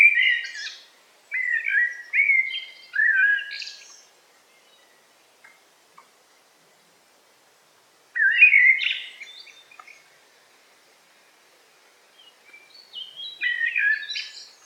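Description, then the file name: Eurasian blackbird song: several fluty warbled phrases in quick succession, a quiet gap of several seconds, then two more phrases with squeaky high endings. Recorded in a forest on 8 July 2018. "180708 blackbird forest"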